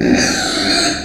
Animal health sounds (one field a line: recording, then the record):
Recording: squeal of a Yucatan mini pig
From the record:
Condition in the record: before surgery on the right vocal fold (resection and tissue-engineered implant)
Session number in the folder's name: 3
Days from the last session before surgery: 0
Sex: female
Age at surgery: 19 weeks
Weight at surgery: 25 kg